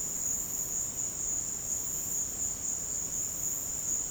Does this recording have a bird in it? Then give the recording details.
no. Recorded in pastures near Puerto Asís, Putumayo, Colombia, on 22 June 2025 at 15:30. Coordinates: 0.496, -76.326. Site GP01